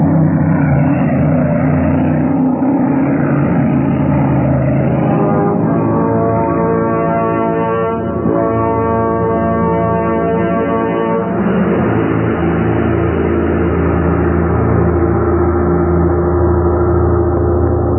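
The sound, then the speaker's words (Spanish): A loud, steady engine roar with a rising, whining tone that swells through the middle as a fast sports car speeds past through a police cordon, then settles back into a broad rumble. “El veloz auto cruzó el cerco policiaco y segundos después...”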